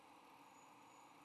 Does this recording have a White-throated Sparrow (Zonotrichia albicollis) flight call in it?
no